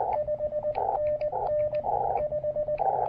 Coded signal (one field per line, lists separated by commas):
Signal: Morse code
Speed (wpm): 20 wpm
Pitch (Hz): 600 Hz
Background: radio noise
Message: 5NN 5